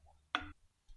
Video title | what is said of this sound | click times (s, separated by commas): HeyBike Brawn Controller Replacement | So I'm going to make sure, there it is. Now it's clicked into place. | 0.3 s